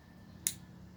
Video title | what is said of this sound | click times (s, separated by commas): Replaceing bad VVT Solenoids on 07 Pontiac G6 | That one clicked in too. | 0.5 s